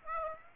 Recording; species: mosquito wingbeat signal from an infrared sensor; Aedes aegypti